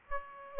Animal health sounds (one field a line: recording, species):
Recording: mosquito wingbeat signal from an infrared sensor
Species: Aedes aegypti